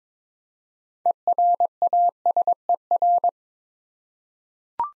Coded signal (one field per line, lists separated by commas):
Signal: Morse code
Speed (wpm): 22 wpm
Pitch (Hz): 700 Hz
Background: none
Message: ERASER